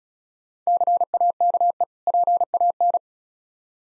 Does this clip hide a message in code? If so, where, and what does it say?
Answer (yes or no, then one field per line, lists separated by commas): yes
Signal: Morse code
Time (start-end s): 0.7-3.0 s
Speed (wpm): 36 wpm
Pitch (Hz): 700 Hz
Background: none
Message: CAKE PAN